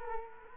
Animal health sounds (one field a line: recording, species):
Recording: mosquito wingbeat signal from an infrared sensor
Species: Culex quinquefasciatus